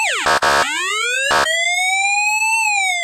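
A boatswain's pipe sounds the battle alarm on a naval ship, loud and shrill, its pitch swooping down, then rising through two buzzing trill bursts, then holding as one long, slowly climbing whistle with no voices.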